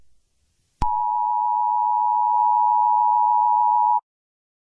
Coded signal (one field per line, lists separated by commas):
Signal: Emergency Alert System (SAME) tones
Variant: 853 and 960 Hz attention tone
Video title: Eas scenario - the sun is huge